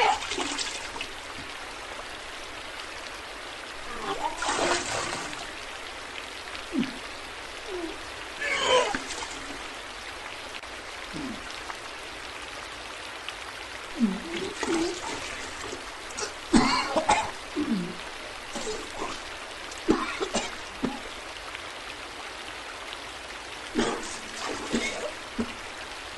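Puking sounds: repeated retching bursts and gagging noises come at irregular intervals, around 5, 9, 15, 17, 20 and 24 seconds, with coughs and throat clearing between them. Wet splashing and trickling accompany several heaves, over a steady low hiss.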